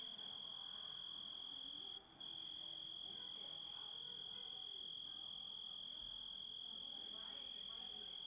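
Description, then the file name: Grasshopper song: an unbroken high whine with faint rasping chirps scattered through, and one short dropout early on. Composite of grasshopper sounds. "engisprettur samsett hljo rit"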